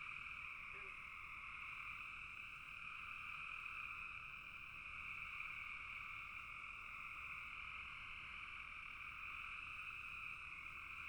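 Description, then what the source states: Steady chorus of frogs, a constant layered trill with two pitch bands, plus a short low note near the start. Frogs calling in a bog.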